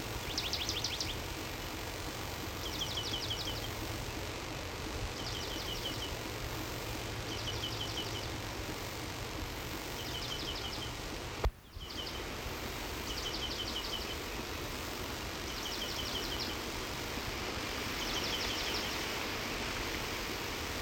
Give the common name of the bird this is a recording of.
Eurasian Penduline Tit